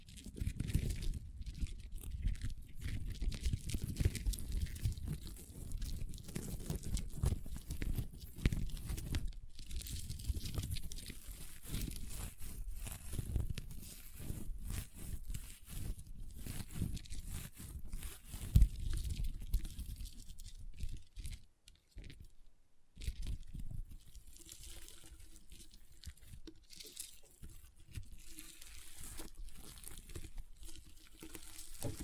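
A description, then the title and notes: Crunchy slime is squeezed and pressed in a dense, constant stream of small crackles and pops, mostly low and thick with a thin bright edge. Around the 21–23 second mark the crunching briefly drops out, then resumes more softly. ASMR Satisfying Crunchy Slime (No Talking).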